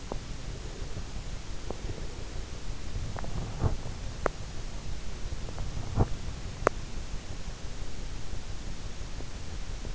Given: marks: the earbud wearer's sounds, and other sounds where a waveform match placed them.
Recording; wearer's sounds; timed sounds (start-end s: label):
sounds in sleep by an in-ear microphone; teeth grinding, breath
0.00-0.29 s: teeth grinding
0.29-2.66 s: breath
3.08-6.92 s: teeth grinding